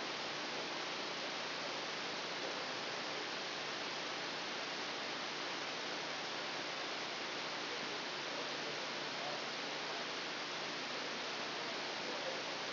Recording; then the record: brain microelectrode recording played as sound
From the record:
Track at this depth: outside the subthalamic nucleus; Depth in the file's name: -0.284 mm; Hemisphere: left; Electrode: 2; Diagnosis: Parkinson's disease